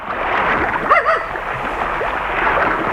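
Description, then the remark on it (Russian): Steady sloshing and rushing of water around a small boat on the Yenisei River as the boat takes on water, a dense continuous wash with a brief wavering creak partway through. “пошли из лодки в воду, мы черпаем.”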